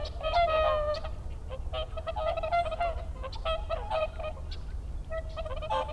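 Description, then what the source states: Whooper swans in full chorus, loud bugling honks tumbling over one another almost continuously, with a low rumble beneath. Recorded 30 December 2009.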